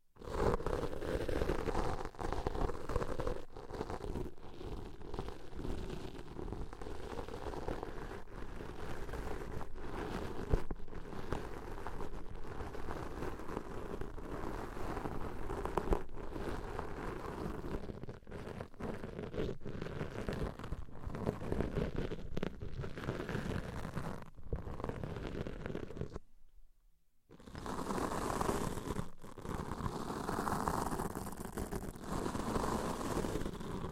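Deep ear cleaning sounds form a dense, steady scratching rustle with frequent brief breaks, pausing to near silence around twenty-seven seconds.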